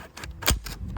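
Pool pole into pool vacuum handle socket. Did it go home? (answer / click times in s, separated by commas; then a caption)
yes / 0.5 s. A telescoping pool pole is slid all the way onto the handle socket of a Ryobi One+ 18V cordless pool vacuum until its spring button locks. A few faint scrapes and ticks lead up to one sharp, loud click at 0.5 s, followed by quieter ticks. The pole is seated and locked in the handle.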